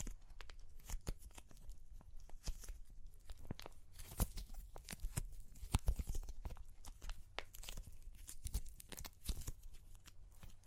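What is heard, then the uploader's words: Clay cracks and crunches in dense, irregular bursts of sharp, bright snaps, with louder cracks near four, six and nine seconds over a low rumble. Super Crunchy Clay Cracking (No Talking).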